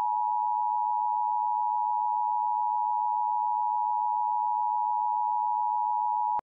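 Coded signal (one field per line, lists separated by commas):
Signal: Emergency Alert System (SAME) tones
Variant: 853 and 960 Hz attention tone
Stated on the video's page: EAS hurricane warning recreation, edited, not a real broadcast.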